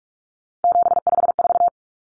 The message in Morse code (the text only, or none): 754